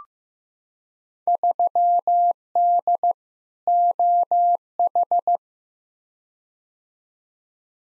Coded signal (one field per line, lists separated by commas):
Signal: Morse code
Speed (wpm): 15 wpm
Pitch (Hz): 700 Hz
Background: none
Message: 3D OH